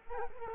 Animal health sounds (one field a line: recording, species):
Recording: mosquito wingbeat signal from an infrared sensor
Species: Culex quinquefasciatus